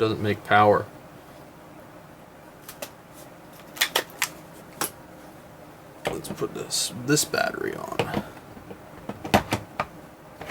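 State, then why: Not seated. An 18V power tool battery pack is handled next to the battery mount of a homemade M18 60V 20A power supply with a failed relay, while someone talks at the start and again around 6 to 8 seconds. Short plastic knocks and taps come in clusters around 2.7–4.2 seconds and 9.3–10.4 seconds. The clip ends before the pack is in place, and nothing has seated or clicked yet.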